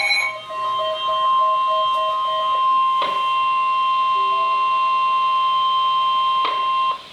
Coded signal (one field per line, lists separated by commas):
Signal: Emergency Alert System (SAME) tones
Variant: 1050 Hz attention tone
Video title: Flash Flood Warning (EAS Alert #767)